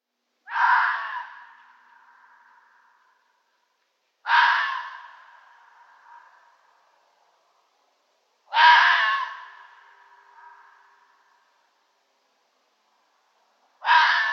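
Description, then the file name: Red fox barking: a harsh, rasping single bark with a fading tail, repeated every few seconds in otherwise silent surroundings. "Rotfuchs Vulpes vulpes bellen"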